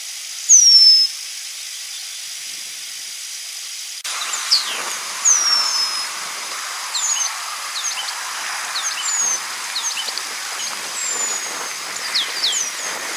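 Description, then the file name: Penduline tit calls: thin high whistles that slide downward, given singly every few seconds. "remez"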